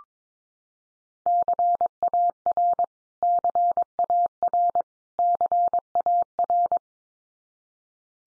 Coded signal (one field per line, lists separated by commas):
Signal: Morse code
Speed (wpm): 22 wpm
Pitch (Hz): 700 Hz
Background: none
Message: CAR CAR CAR